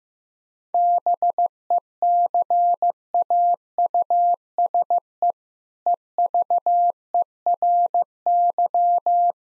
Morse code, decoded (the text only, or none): BECAUSE EVERY